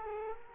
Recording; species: mosquito wingbeat signal from an infrared sensor; Culex quinquefasciatus